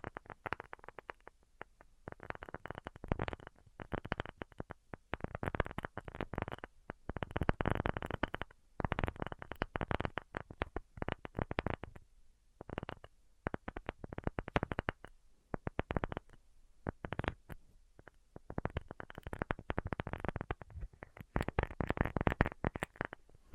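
Quick tapping runs through the whole stretch, dense bursts of fast, irregular taps with short pauses between clusters. The taps are crisp and bright, cut off sharply above a certain pitch, and the busiest runs come around the middle and near the end. No voice is heard.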